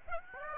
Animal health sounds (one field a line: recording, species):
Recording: mosquito wingbeat signal from an infrared sensor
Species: Aedes aegypti